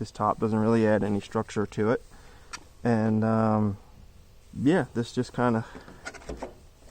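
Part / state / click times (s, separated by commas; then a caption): top hatch cover into RC airplane fuselage / seated / 6.1 s. Someone talks while pressing the removable wooden top hatch cover back into its seat over the battery bay of a Great Planes Giant Aeromaster ARF RC airplane fuselage, converted to electric. A light wooden snap sounds at 6.1 s, followed by a couple of softer taps, and the hatch is seated in place.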